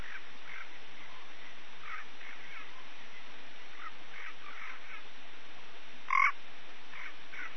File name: Physalaemus nanus